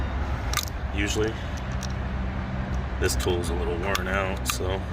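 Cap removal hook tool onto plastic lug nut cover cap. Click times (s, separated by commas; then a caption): 0.6 s. A metal hook removal tool is pushed onto a plastic decorative lug nut cover cap, which is painted gray, and grabs hold with a sharp click at 0.6 s, followed by smaller clicks. Someone talks over a steady low hum, and the tool seats on the cap.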